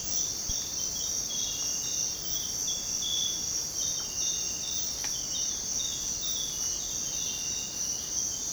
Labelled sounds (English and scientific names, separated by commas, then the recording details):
none
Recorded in secondary vegetation near Puerto Asís, Putumayo, Colombia, on 29 June 2025 at 06:00
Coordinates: 0.484, -76.319
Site G074